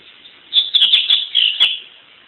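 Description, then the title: Double-collared seedeater song, a rapid sequence of bright warbled chirps and clicks forming one lively phrase about a second long. "Canto Coleiro"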